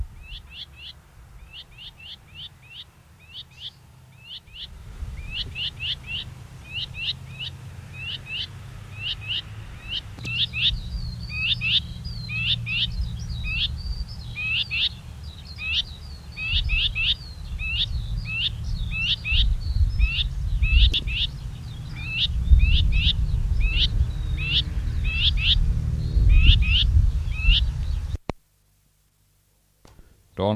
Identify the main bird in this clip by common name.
Common Whitethroat